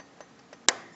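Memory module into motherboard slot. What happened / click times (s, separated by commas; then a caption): The module latched into its slot / 0.7 s. A RAM stick is pushed down into a motherboard DIMM slot, with a few faint taps around 0.0, 0.2 and 0.5 seconds as it resists briefly. A sharp, loud click rings out at 0.7 seconds as the slot's retention clip snaps shut, and the module is seated.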